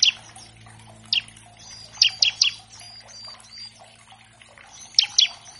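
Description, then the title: Bar-winged Prinia: scattered sharp, high chips, single or in pairs, over soft twittering and a steady low hum. Master track of an actively singing (gacor) ciblek, used as a lure to train captive birds of all kinds and prompt them to sing quickly. "Masteran Ciblek Gacor Vs Kenari Gacor Untuk Masteran Semua Jenis Burung. Pancingan Ciblek bahan agar cepat bunyi. Burung Ciblek"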